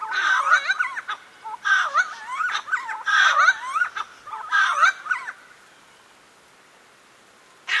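Helmeted friarbird giving loud, harsh gurgling and chattering call bursts, four rollicking phrases in about five seconds, then quiet until a brief burst at the very end.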